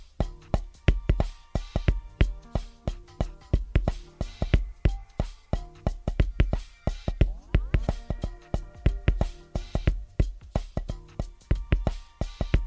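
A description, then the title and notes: Fast, regular tapping runs throughout, sharp hits several per second over steady music with low bass notes and sustained tones. ASMR 1 Hour of Rhythmic & Fast Tapping With Music (No Talking).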